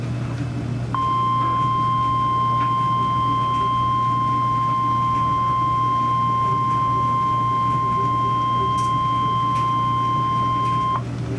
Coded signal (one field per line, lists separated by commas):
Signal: Emergency Alert System (SAME) tones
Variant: 1050 Hz attention tone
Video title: EAS Alert #50